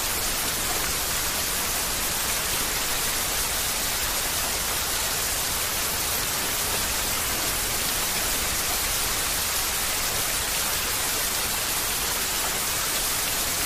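Heavy rain falls in a steady, dense hiss that stays even from start to finish. The sound sits mostly in the bright upper range with a softer low rumble beneath, and no distinct drops, thunder or other events stand out.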